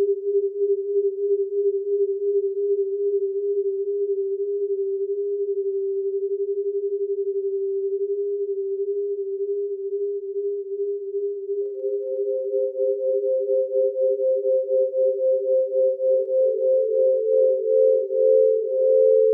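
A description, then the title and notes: Two reed tones sound almost together, their slight mistuning making a steady, rapid beating pulse through the first half. Past the midpoint a higher tone joins, then another, and the interlocking pitches begin phasing, the wavering grows more complex and slightly louder toward the end. Two reeds beating 50 cents apart, later joined by phasing 4/3 and 9/8.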